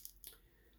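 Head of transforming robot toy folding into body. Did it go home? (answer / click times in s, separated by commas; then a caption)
yes / 0.2 s. The top of the head of a Combiner Wars Constructicon Scrapper transforming robot toy is pushed down and folded into its body for leg mode. A faint tick sounds at 0.1 s, then a sharp snap at 0.2 s as the head seats, followed by quiet handling.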